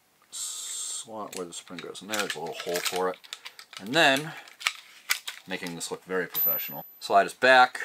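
During reassembly of a pistol, someone talks while handling the metal slide and spring and sliding the slide back onto the pistol frame, with a few brief sharp sounds around 4.7, 5.1 and 5.3 seconds. The clip ends before the slide goes home, so nothing has seated or clicked into place yet.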